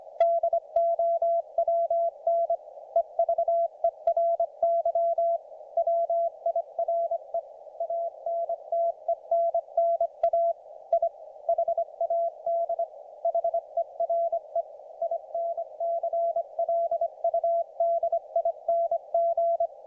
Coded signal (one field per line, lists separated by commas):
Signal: Morse code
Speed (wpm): 25 wpm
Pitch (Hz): 680 Hz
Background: none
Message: DOWN EVERY WIRE ANTENNA I HAD HERE INCLUDING